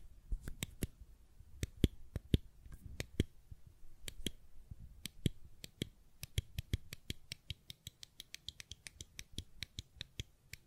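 Sharp clicks and taps from a fidget cube come in irregular bursts for the first half, some in quick pairs and triplets. Later the clicks settle into a faster, fairly regular run of light, crisp snaps. A soft low rumble of handling sits underneath throughout.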